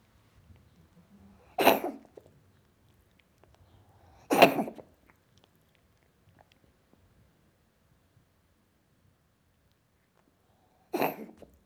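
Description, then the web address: Cat coughing: three harsh, explosive hacking bursts, two close together and a third after a long quiet pause, with faint rustles between. "BBC Sound Effects Library - Cats Cat Coughing"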